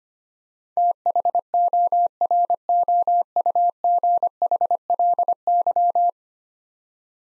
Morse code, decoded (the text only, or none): THOROUGHLY